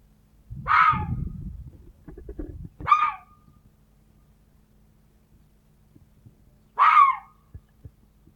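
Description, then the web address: Fox giving three rasping barks, with a low rumbling noise between the first two. "glos lisy dla dzieci"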